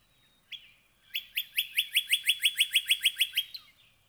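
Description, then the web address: Northern cardinal song: one brief note, then a steady run of about thirteen loud, evenly spaced clipped notes closing with a short slur. "birdsongforthecurious songs Northern Cardinal"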